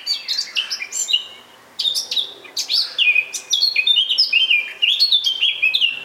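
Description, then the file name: Eurasian blackcap song: rapid twittering notes, a short break, then a brighter run of clear whistled notes. "Sylvia atricapilla"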